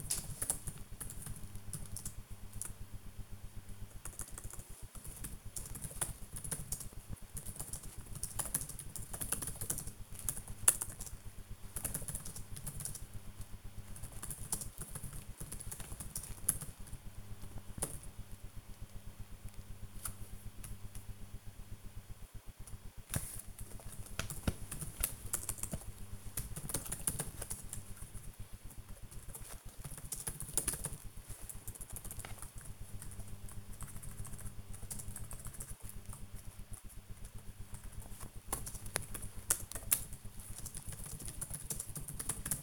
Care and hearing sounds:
household activities, microphone on the right wrist
0.00-42.63 s: working on the computer

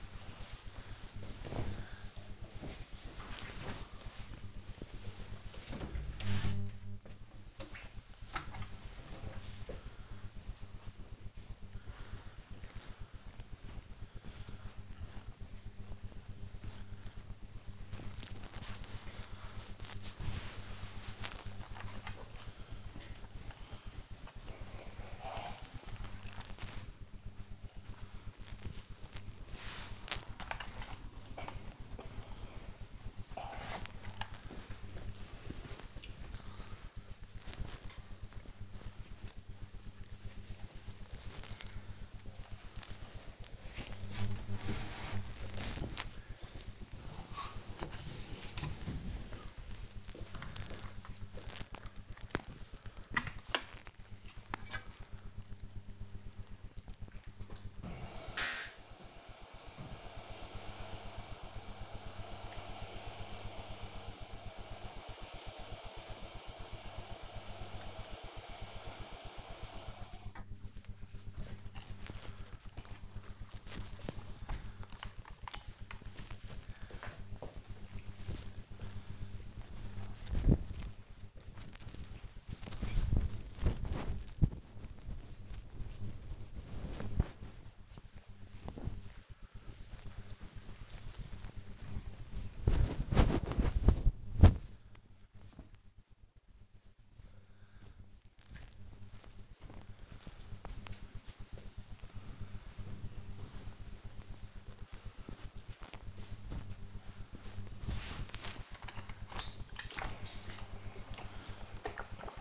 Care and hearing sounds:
household activities, microphone on the right wrist
0.00-53.75 s: ironing laundry
65.80-76.84 s: refill water
84.89-112.41 s: ironing laundry

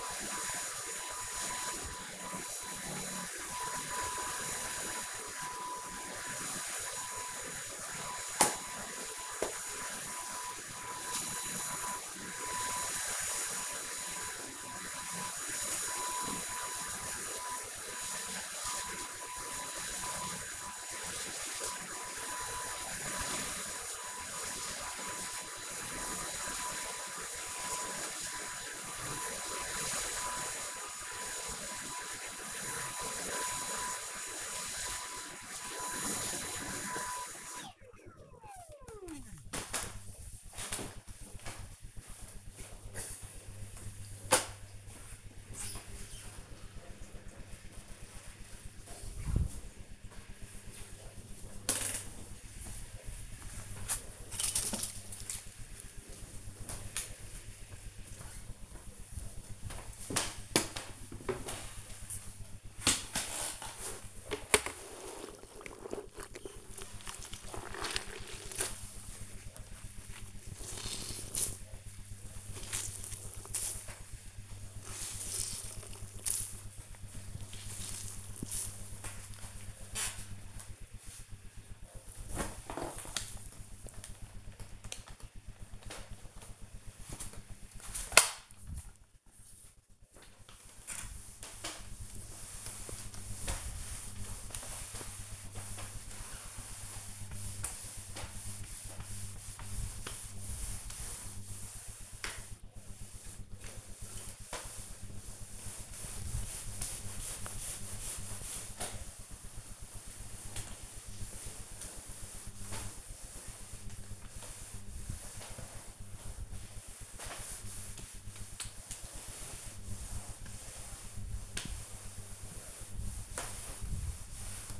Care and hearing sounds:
household activities, microphone on the right wrist
0.00-37.60 s: vacuum cleaning
62.83-124.80 s: floor cleaning

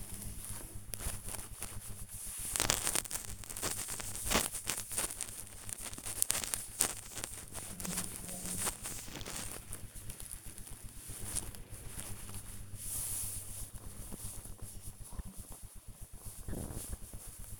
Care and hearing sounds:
household activities, microphone on the right wrist
0.00-17.60 s: petting the dog

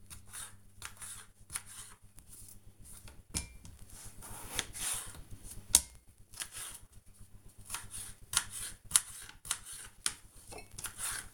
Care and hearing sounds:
household activities, microphone on the right wrist
0.00-11.34 s: cutting vegetables

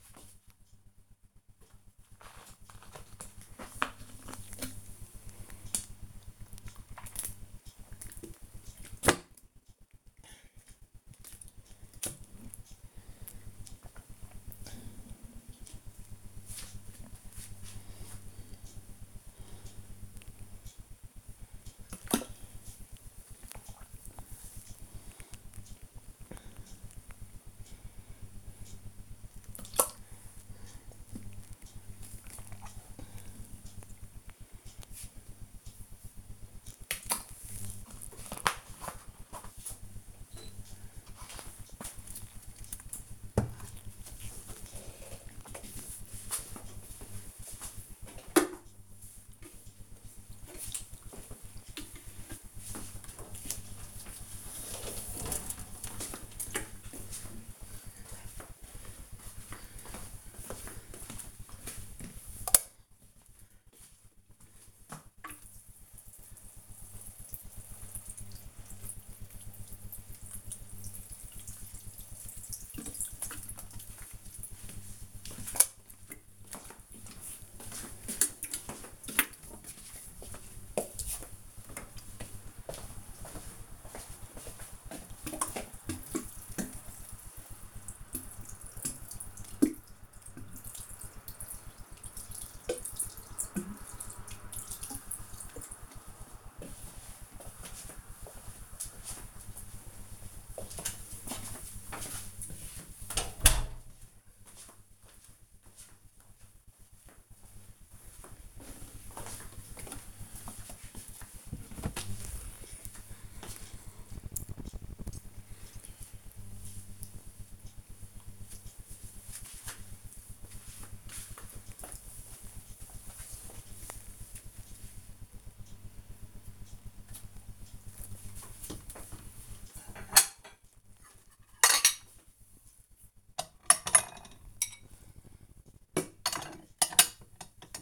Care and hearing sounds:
household activities, microphone on the right wrist
0.92-37.18 s: drinking
52.26-95.53 s: watering plant
127.77-137.82 s: putting away the dishes

